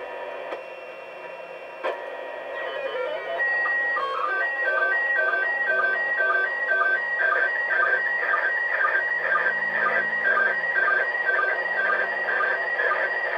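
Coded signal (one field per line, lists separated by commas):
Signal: SSTV (slow-scan television)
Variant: PD120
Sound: warbling tone jumping between two pitches, with short low sync chirps twice a second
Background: FM radio static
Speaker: there's a two-minute pause between images I'm not sure if we're gonna be able to catch the next image or not but we got one not the prettiest one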